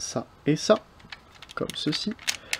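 Someone talks while handling the rear body section of a Super Optimus Prime plastic transforming robot toy (Transformers Robots in Disguise, 2001), fitting a plastic clip tab toward the inside of its mating part. Faint sharp ticks and handling noises are heard under the speech near the end. Nothing has seated or clicked yet.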